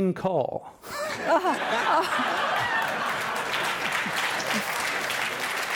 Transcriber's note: laughter